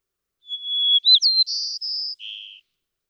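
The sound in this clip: White-crowned sparrow song: a long clear whistle, a quick rising-falling note, then buzzy trills ending on a lower buzz, about two seconds long, in silence.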